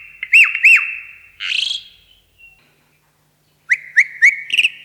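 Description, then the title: Javan pied starling giving two loud whistled notes that rise then drop sharply, a harsh burst, then a quick run of short rising chirps after a pause. "Jalak Uren"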